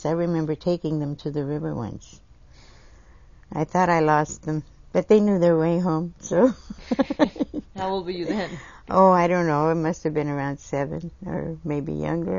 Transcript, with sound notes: I remember taking them to the river once. I thought I lost them. But they knew their way home, so. (laughs)
How old were you then?
Oh, I don't know, I musta have been around seven or maybe younger.